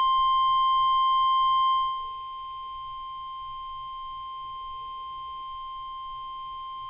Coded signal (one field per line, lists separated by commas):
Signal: Emergency Alert System (SAME) tones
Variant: 1050 Hz attention tone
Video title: EAS #185-188: Severe Thunderstorm Watch #316 (5/29/2012)